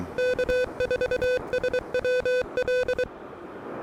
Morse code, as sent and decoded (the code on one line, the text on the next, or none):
-.- ....- ... .-- .-..
K4SWL